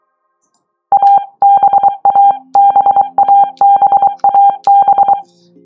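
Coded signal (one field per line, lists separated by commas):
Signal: Morse code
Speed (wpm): 23 wpm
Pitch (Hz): 800 Hz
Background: none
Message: ABABABAB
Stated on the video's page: Morse code learning tips for the letters B and D, practiced with the CW Player app.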